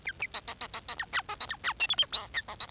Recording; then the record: song of a male Bengalese finch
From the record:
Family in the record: son of father 4